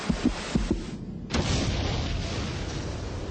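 A heartbeat pounds harder and harder in low, muffled double thumps, two quick pairs, before the sound swells abruptly into a loud, sustained rumbling roar that drowns out the beat. No one speaks.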